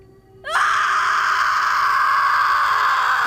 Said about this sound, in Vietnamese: Một tiếng thét chói tai vang khắp căn phòng. Âm thanh này khiến cho tai của tôi đau nhức.